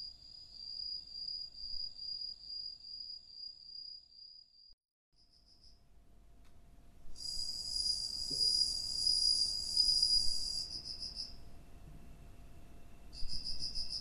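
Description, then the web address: Cricket trilling: a steady high trill stops, a short silence follows, then denser, louder shrill trilling resumes in separate stretches. "Hoerbeispiele Grillen"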